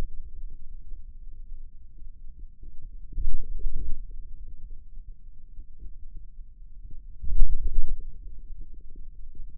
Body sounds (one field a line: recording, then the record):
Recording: forearm muscle sounds (acoustic myography)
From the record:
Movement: ulnar deviation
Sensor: system 2, bracelet of six BSWA MPA416 microphones around the upper forearm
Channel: 6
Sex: male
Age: 22 years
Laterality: right